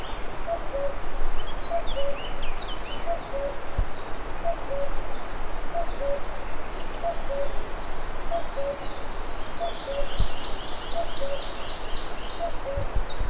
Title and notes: Via Villa Patt, 1, Sedico BL, Italia - Cuculo alle Rogge. Ambiente naturale delle Antiche Rogge (sentiero storico-naturalistico): uccelli vari, verso del cuculo, torrente Cordevole nello sfondo